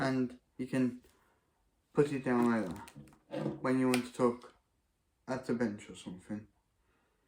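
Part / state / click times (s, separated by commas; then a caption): tripod leg section into its locked position / not seated / none. Someone talks while handling an extended tripod leg section that is meant to be pushed back down into its locked position. Nothing has seated or clicked into place yet by the end of the clip.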